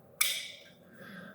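A plastic clip is pushed back into place on the back of an Overhead Door O3T-A garage door remote and snaps in with a single sharp, bright click at 0.2 s, followed by a short fading ring and faint low background noise. The clip seats in place.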